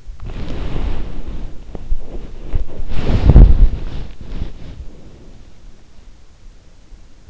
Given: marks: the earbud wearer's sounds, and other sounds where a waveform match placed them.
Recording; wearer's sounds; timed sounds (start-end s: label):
sounds in sleep by an in-ear microphone; body movement
0.00-6.06 s: body movement